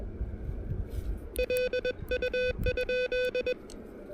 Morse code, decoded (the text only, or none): LU?